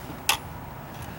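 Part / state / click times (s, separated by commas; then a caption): reset button on a GFCI outlet / seated / 0.3 s. A thumb pushes in the reset button of a newly installed GFCI outlet, and it latches with a single sharp click at 0.3 s against a quiet background. The button has popped in and seated, confirmed by the green indicator light coming on.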